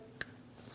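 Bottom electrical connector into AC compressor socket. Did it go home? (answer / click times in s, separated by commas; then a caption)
yes / 0.2 s. The bottom plastic electrical connector is pushed onto the AC compressor socket of a 2016-2025 Chevrolet Malibu 1.5L L4. A single sharp, short click sounds at 0.2 s over low background noise. The connector is seated.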